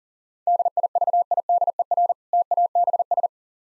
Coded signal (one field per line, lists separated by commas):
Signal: Morse code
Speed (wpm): 37 wpm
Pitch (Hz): 700 Hz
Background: none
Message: DIVIDER TABS